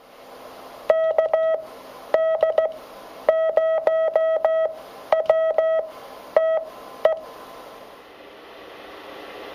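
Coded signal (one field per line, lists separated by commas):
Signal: Morse code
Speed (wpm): 16 wpm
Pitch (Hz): 640 Hz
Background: none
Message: KD0WTE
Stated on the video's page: Net session with the uploader acting as net control for the first time.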